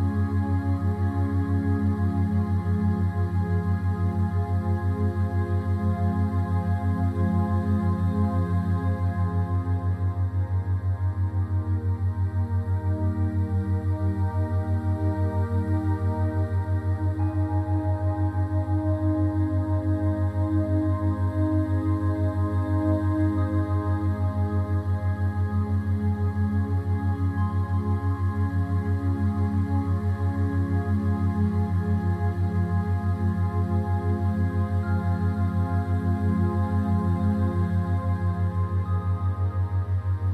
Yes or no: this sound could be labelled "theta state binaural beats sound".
yes